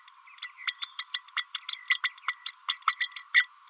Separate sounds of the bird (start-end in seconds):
0.42-0.48, 0.67-0.73, 0.81-0.87, 0.98-1.05, 1.14-1.20, 1.36-1.45, 1.54-1.60, 1.68-1.75, 1.90-1.99, 2.03-2.11, 2.28-2.33, 2.46-2.53, 2.68-2.78, 2.87-2.95, 3.00-3.08, 3.16-3.23, 3.34-3.46